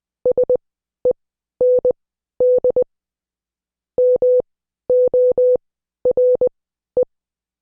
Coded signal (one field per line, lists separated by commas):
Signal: Morse code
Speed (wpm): 20 wpm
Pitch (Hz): 500 Hz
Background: none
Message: SEND MORE